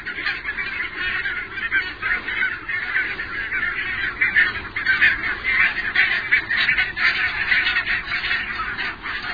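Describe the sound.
Barnacle goose calls: a dense flock of many geese honking and yelping continuously, overlapping into a steady chorus.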